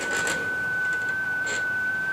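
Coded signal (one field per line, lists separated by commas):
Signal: FT8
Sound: steady pure tone around 1.5 kHz with tiny pitch steps, two brief noisy clatters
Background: room noise, clatter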